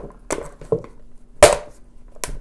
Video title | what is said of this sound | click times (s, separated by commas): How to make a soft box from a plastic popcorn tub | is a tight fit it just snaps right into place and you | 2.2 s